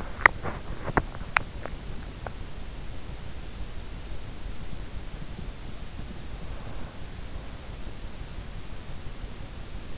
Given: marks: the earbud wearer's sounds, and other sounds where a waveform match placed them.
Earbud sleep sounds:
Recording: sounds in sleep by an in-ear microphone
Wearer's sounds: teeth grinding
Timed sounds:
0.00-2.53 s: teeth grinding

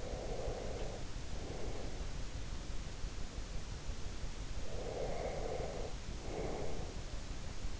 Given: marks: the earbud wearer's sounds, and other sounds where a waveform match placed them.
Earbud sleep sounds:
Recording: sounds in sleep by an in-ear microphone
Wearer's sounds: breath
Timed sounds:
0.00-2.16 s: breath
4.65-6.99 s: breath

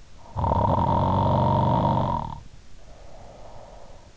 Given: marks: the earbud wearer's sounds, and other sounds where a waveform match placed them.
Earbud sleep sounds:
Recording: sounds in sleep by an in-ear microphone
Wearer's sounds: snoring breath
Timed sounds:
0.00-4.07 s: snoring breath

